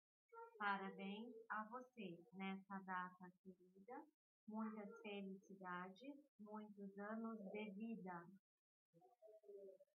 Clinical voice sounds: short text; Brazilian Portuguese; female; 40 to 49 years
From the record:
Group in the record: control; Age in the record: 43 years

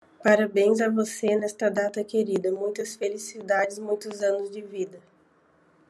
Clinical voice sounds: short text; Brazilian Portuguese; female; 30 to 39 years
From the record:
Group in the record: control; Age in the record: 31 years

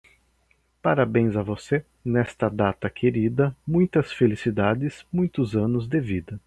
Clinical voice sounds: short text; Brazilian Portuguese; male; 40 to 49 years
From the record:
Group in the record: control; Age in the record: 42 years

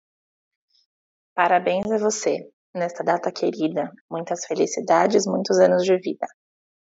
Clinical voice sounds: short text; Brazilian Portuguese; female; 30 to 39 years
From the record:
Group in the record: control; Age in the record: 34 years

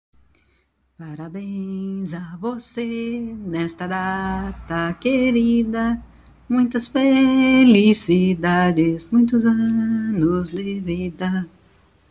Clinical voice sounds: short text; Brazilian Portuguese; female; 50 to 59 years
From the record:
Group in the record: control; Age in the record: 57 years

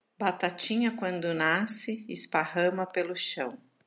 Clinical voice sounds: short text; Brazilian Portuguese; female; 50 to 59 years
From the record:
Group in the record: control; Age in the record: 51 years

